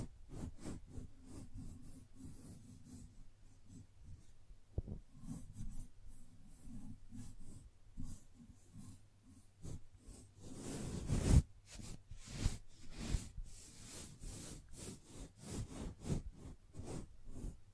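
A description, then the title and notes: Gentle brushing made of quick, scratchy strokes repeating steadily over a low soft hum, with a louder rubbing burst near eleven seconds. ASMR Gently Brushing Your Brain (No Talking).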